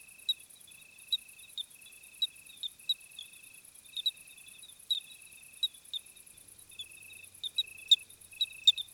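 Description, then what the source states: Cricket chorus, a continuous high trill in long phrases, punctuated by brief loud clicks roughly every second. Summer crickets on a hot night, 26 July 2020, 21:15, Plateau de Lesches-en-Diois; recorded with Nagra Seven and B&K omni microphone.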